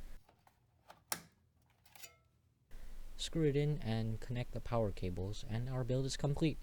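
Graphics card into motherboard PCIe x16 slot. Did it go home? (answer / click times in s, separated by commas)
yes / 1.1 s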